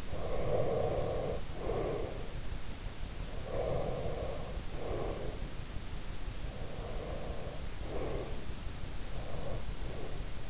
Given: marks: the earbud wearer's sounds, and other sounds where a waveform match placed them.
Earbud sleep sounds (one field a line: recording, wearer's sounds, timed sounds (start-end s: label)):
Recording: sounds in sleep by an in-ear microphone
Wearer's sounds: breath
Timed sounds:
0.00-2.31 s: breath
3.42-5.68 s: breath
6.59-8.54 s: breath
9.05-10.50 s: breath